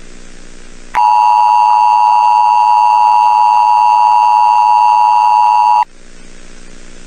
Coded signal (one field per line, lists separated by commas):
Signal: Emergency Alert System (SAME) tones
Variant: 853 and 960 Hz attention tone